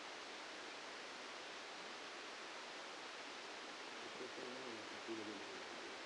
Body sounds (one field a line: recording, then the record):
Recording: brain microelectrode recording played as sound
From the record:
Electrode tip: outside the subthalamic nucleus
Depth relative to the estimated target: 2 mm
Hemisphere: left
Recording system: NeuroSet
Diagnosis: Parkinson's disease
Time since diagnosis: 8 years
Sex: male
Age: 65 years